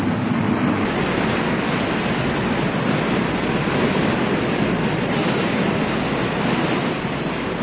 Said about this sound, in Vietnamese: Sóng gió cuốn lên, tựa như sông trời đổ ngược xuống nước, mặt biển sôi trào dữ dội. Giữa cơn bão tố ầm ầm, tàu chia ba trên mặt biển thoát cao thoát thấp, bị hết cơn sóng này đến cơn sóng khác quăng quật tựa như món đồ chơi.